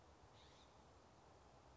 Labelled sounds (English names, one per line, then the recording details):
California Scrub-Jay
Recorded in Sonoma County, California